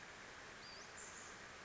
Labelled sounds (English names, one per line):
Western Flycatcher